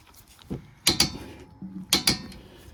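A click-type torque wrench tightens the second rear brake caliper bracket bolt on a 2019 Ford Fusion Hybrid during a rotor and brake replacement. A pair of sharp metallic clicks sounds at about 0.9 and 1.0 s, followed by the wrench's confirming pair of clicks at 1.9 and 2.1 s. The bolt reaches its torque setting and is checked again, confirmed as properly torqued.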